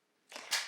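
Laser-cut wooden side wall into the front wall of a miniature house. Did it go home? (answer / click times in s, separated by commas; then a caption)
yes / 0.4 s, 0.5 s. A laser-cut wooden side wall of a miniature haunted house is pressed onto the front wall until its snap-fit joint engages. After a near-silent start, a rough scraping press rises from about 0.3 s with a short click at 0.4 s. A louder, brighter snap at 0.5 s rings out and fades as the joint seats.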